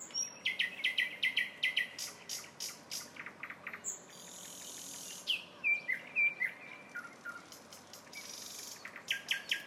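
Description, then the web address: Nightingale song: bursts of sharp repeated notes, a long pure whistle and slurred phrases. Singing in a town. "spiew slowika miasto zukowski"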